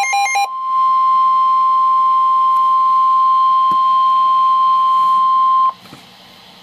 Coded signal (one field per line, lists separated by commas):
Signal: Emergency Alert System (SAME) tones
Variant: 1050 Hz attention tone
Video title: EAS #572: Flood Warning (10/29/2012)